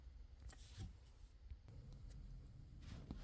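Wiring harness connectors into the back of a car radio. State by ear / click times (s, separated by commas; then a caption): seated / 0.5 s, 3.1 s. Wiring harness connectors, including a gray one with a locking key, are pushed back into the back of a replacement car radio in a 2008-2013 Nissan Rogue. Sharp clicks sound at 0.5 s and 3.1 s over low rustling and handling noise. The connectors are seated and clicked in.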